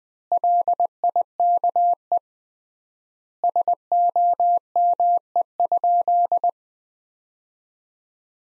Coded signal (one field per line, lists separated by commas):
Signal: Morse code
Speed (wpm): 20 wpm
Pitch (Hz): 700 Hz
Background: none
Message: LIKE SOME?